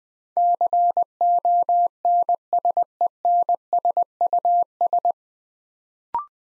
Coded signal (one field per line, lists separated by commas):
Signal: Morse code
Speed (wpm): 20 wpm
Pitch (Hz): 700 Hz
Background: none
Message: CONSENSUS